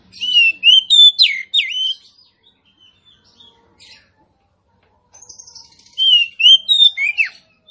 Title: Suara kacer betinamemancing kacer jantan yg macet bunyi